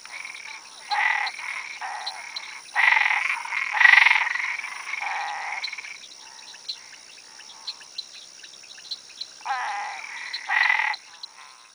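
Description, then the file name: White-spotted tree frog calls: rasping, harmonic croaks of varying length, overlapping at irregular intervals, over a steady high drone. "Boana albopunctata"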